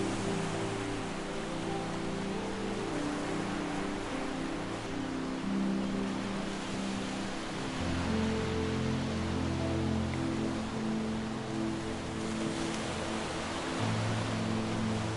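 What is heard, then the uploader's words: Soft, sustained music with long held low notes that shift in pitch every few seconds, most noticeably around eight and fourteen seconds. Beneath it runs a steady hiss of ocean waves, even and unbroken, with no distinct crashes standing out. Relaxing Music & Ocean Waves On A Tropical Island. The crystal-clear waters lap gently against the shore.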